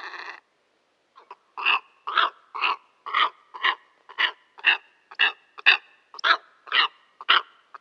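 Steppe eagle giving a steady run of harsh, grating barks after a brief pause, each note short.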